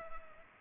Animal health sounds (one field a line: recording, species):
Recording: mosquito wingbeat signal from an infrared sensor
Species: Culex pipiens